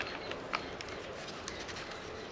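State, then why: Not seated. A plastic rod holder from a newly unboxed float tube kit is handled against its mounting base on the float tube, making a few light plastic ticks and knocks over steady background hiss, the sharpest near 0.6 s. The holder has not yet seated or locked into the base.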